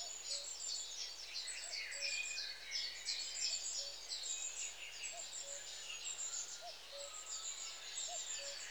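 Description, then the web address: Long-tailed tit calls, busy high-pitched twittering and rippling trills throughout, with a soft lower note repeating in the background. "BBC Sound Effects Library. Long Tailed TIT"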